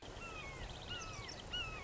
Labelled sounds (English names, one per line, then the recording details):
Red-shouldered Hawk
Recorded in Sonoma County, California